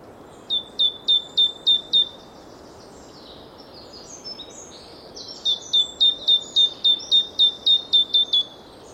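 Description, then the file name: Great tit calling in two bursts of quick, ringing down-slurred notes separated by a few seconds of quieter, scattered chirping. "Parus major"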